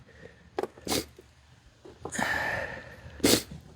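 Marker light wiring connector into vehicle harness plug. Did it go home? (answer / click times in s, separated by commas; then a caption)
no / none. A KUNGKIC sequential side marker light's turn signal wiring connector is plugged into the vehicle harness plug on a 2026 Subaru BRZ, with short snort-like bursts near 0.6, 0.9 and 3.3 seconds and a longer rustling hiss from about 2.1 to 3.0 seconds. No click is heard and nothing clicks into place, but a pull test confirms the connector is on and will not come out.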